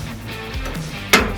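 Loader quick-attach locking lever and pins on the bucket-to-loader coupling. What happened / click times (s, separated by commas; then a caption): The steel locking lever snapped over and the pins engaged / 1.1 s. The steel quick-attach locking lever on a Massey Ferguson front loader is pushed over after a bucket is coupled, and a single sharp metallic clunk rings out at 1.1 s over a steady low hum as the pins engage. The lever is confirmed over and the pins are locked in place.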